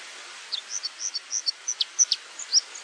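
White-throated dipper song of brief high whistled notes and sharp chips in an uneven string, set against constant rushing background noise.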